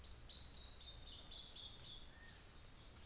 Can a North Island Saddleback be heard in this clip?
no